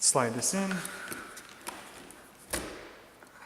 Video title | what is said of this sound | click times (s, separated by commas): Bona Hardwood Floor Mop Premium - Review | click so the button here is your release to | 1.7 s